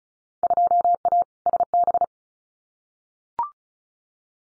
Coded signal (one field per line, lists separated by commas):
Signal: Morse code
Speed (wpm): 36 wpm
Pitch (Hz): 700 Hz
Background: none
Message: 2A SB